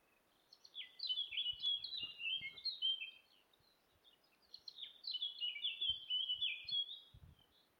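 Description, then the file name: Eurasian blackcap singing two rapid warbled phrases of high, twittering and slurred notes, each about two seconds long and separated by a short pause, over faint low knocks. "Sylvia atricapilla"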